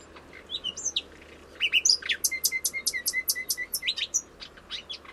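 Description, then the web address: Bird calls: scattered high chirps, then a rapid series of sharp, evenly spaced high notes, each paired with a short lower note, with faint background hiss. "Bird Only"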